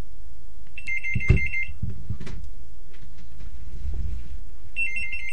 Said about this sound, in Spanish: Están llamando por teléfono.